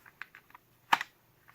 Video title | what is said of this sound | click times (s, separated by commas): BK-9, TOPS B.O.B., and TOPS MSK Kydex Sheath System -- "The Survival FOB" | a nice click going back in. | 0.9 s